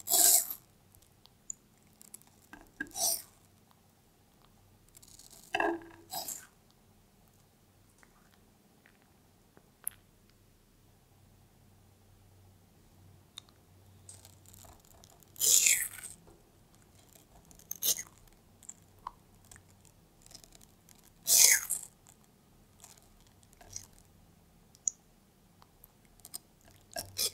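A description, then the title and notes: A pet tortoise eats watermelon, producing wet, crisp bites and squelches in short bursts every few seconds, with louder crunches near 0, 6, 16 and 21 seconds. Between bites it is quiet, with a faint low hum. PET TORTOISE EATING CORONAVIRUS WATERMELON.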